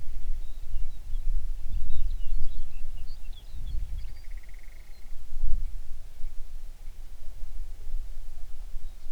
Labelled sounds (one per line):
songbird
grouse or ptarmigan